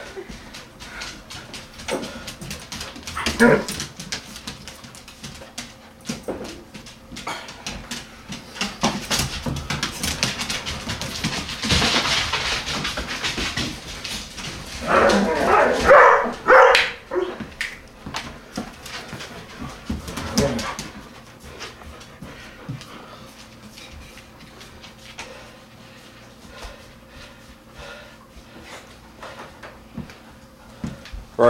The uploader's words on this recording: We needed the sounds of 4 dogs running and barking. We setup our recording gear at Cmdln’s house and did our own Foley recording session. Fergus’ Foley Follies With Collies.